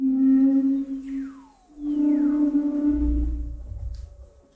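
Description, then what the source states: Humpback whale call: a sustained low tonal moan, briefly broken by sweeping downward glides, then resuming before fading, with a low rumble beneath. Humpback whales swimming through frigid Antarctic waters, recorded with special microphones; calls described as haunting.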